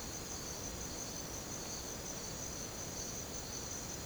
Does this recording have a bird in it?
no